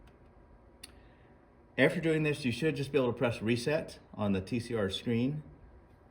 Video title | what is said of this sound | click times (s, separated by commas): LTA 380 E200 Error | bend the little clip out a little bit and that way it gets a more positive engagement and you'll hear that click | 0.8 s